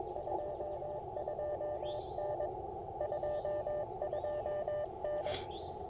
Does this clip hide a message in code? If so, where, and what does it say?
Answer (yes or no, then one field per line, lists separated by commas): yes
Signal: Morse code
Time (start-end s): 0.2-5.3 s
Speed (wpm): 20 wpm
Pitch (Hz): 600 Hz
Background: radio noise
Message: 22N 22N